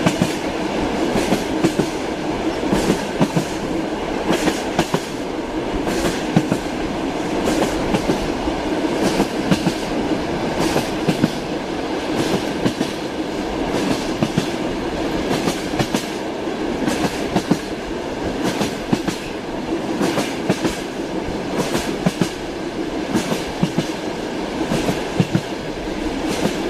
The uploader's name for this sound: Train Sounds Ambient White Noise Soundscape